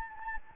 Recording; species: mosquito wingbeat signal from an infrared sensor; Anopheles gambiae